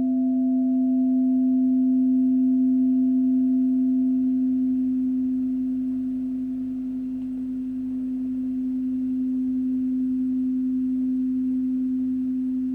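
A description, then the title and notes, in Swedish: A singing bowl rings a steady, pure mid-low tone that sustains across the whole clip, with a fainter higher overtone that fades out after about five seconds. Volume dips slightly around seven seconds before settling again, over a soft, low background rumble. Sound healing skålar samt olika ljud från naturen.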